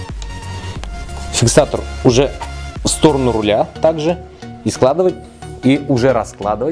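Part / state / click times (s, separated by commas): scooter handlebar folding lock engaging in the unfolded position / not seated / none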